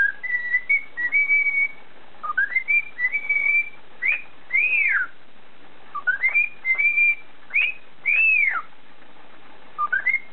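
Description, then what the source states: Cockatiel whistling a repeated phrase: flat clear notes, rising slurs and arched up-down whistles, the pattern returning after a short gap. Whistling (siulan).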